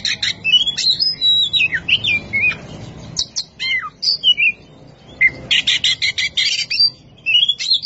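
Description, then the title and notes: Oriental magpie-robin song with wavering whistles, quick downward slurs and a dense run of scratchy repeated notes, faint hum underneath. Champion singing bird. "Kicau Burung Kacer Juara. Suara Kicauan Burung Kacer Juara"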